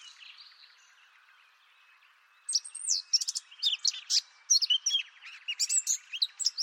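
Bird sound, faint and quiet at first, then from about two and a half seconds a loud, rapid warbling of sharp high chirps and slurred whistles.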